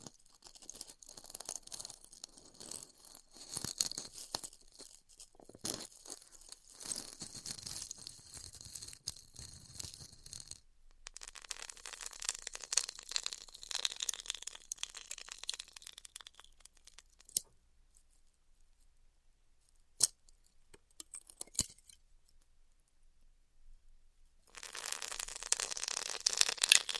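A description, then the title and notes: Styrofoam being cut with a heated tool gives a dense, crackling, crinkly hiss in bursts. The noise runs steadily for about seventeen seconds, stops into near silence broken by a few sharp clicks, then returns with a louder, brighter rush near the end. ASMR Styrofoam Heat Cutting (No Talking).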